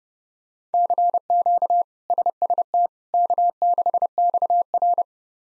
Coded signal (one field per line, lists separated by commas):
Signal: Morse code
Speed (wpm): 30 wpm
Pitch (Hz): 700 Hz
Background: none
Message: CQ SST K6XR